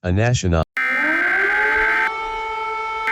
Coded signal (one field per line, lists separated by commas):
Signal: Emergency Alert System (SAME) tones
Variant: header bursts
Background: speech